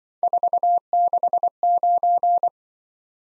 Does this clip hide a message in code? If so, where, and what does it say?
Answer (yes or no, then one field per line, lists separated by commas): yes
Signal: Morse code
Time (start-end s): 0.2-2.5 s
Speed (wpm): 23 wpm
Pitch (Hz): 700 Hz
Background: none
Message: 469